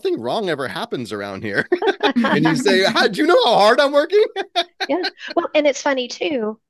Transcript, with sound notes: Nothing wrong ever happens around here." You say, "Do you know how hard I'm working?" [laughs]
Yes. Sure. It's funny too.